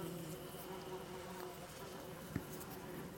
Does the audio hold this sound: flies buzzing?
yes